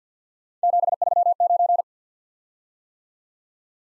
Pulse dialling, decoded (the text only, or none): none